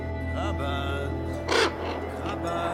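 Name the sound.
ravens cawing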